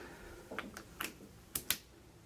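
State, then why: Seated. An XLR cable from the microphone is pushed into the channel 1 input of a Scarlett Focusrite audio interface, giving a series of short plastic-and-metal ticks and knocks around 0.6, 0.8, 1.0 and 1.6 seconds. The loudest, sharpest click comes at 1.7 s, the latch click that shows the connector is seated in the input.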